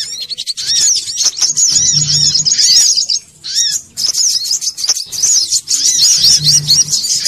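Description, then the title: Little spiderhunter song, a fast high twittering stream mixed with sharp squeaky notes, briefly breaking off midway, over an intermittent low humming tone. Bird-training (masteran) song. "Masteran Burung Sogok Ontong Labaik"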